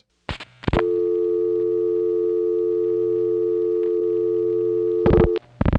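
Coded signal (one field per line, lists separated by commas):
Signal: telephone call progress tone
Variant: North America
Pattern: dial tone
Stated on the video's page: Tones from New York City's Centrex-CU exchange, dialed from the West 73rd Street panel office in 1976.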